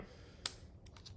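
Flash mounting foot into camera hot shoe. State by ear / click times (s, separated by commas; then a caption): seated / 0.5 s. The mounting foot of a Neewer Z1N round-head camera flash sits in a camera's hot shoe, and its lock lever is turned over to lock it. A sharp click at 0.5 s shows the flash snapping into place, followed by two much fainter ticks at 0.9 and 1.0 s. The flash is seated and locked in the hot shoe.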